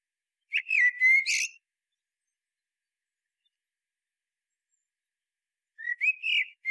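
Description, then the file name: Common blackbird singing: a fluty warbled phrase ending in a high scratchy flourish, a long pause, then a second mellow phrase begins. "Turdus merula"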